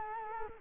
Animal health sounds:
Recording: mosquito wingbeat signal from an infrared sensor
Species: Culex quinquefasciatus

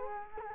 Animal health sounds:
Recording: mosquito wingbeat signal from an infrared sensor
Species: Culex quinquefasciatus

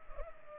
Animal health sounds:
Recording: mosquito wingbeat signal from an infrared sensor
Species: Culex pipiens

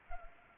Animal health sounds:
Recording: mosquito wingbeat signal from an infrared sensor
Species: Anopheles arabiensis

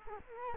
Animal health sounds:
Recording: mosquito wingbeat signal from an infrared sensor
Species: Culex quinquefasciatus

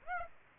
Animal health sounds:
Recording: mosquito wingbeat signal from an infrared sensor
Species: Aedes aegypti

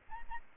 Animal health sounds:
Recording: mosquito wingbeat signal from an infrared sensor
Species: Aedes albopictus

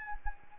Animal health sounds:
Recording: mosquito wingbeat signal from an infrared sensor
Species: Anopheles arabiensis

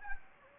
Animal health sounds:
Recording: mosquito wingbeat signal from an infrared sensor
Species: Anopheles gambiae

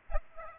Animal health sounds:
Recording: mosquito wingbeat signal from an infrared sensor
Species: Aedes aegypti

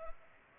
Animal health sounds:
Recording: mosquito wingbeat signal from an infrared sensor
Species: Culex pipiens

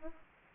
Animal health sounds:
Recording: mosquito wingbeat signal from an infrared sensor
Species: Aedes aegypti

